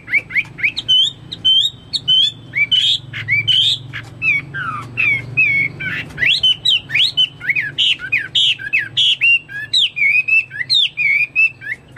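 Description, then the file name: Chinese hwamei singing a fast, varied sequence of loud whistled and slurred notes, some rising, some falling, with few pauses throughout. "omkicau hwamei"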